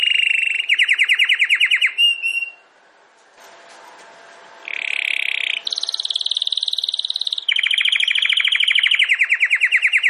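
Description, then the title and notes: Domestic canary singing fast rolling trills, pausing briefly, then resuming with a buzzy roll, a higher trill, and a long lower roll. Belgian canary singing; the bird or its song is called Campainha. "Canário Belga Campainha Canary Singing. Canario Belga Cantando"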